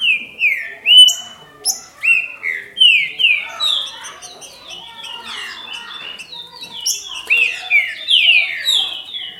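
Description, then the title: Green-winged saltator song: loud whistled notes sliding down from high to lower pitch, given in quick series, with thin high chirps scattered above. "Trinca Ferro"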